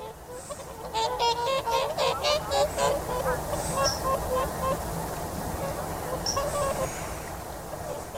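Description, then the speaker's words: Whooper Swan giving a run of loud bugling, trumpet-like honks in quick succession, then scattered fainter honks, with thin high bird notes in the background. Bugling call given mainly in flight; swimming flocks call to each other; winter visitor to the Isle of Man in small numbers. "Although, if you had a flock of seven of them swimming, they would undoubtedly be calling to each other with this lovely whooping call."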